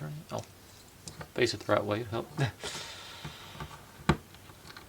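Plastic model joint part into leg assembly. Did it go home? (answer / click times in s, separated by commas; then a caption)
yes / 4.1 s. Someone talks while turning a plastic joint part of a Bandai RX-78-2 Gundam Entry Grade model the right way and pressing it into the leg assembly. A single sharp, bright click rings out at 4.1 s among a few faint ticks as the part snaps in and seats.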